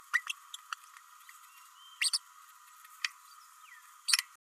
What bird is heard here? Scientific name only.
Forpus passerinus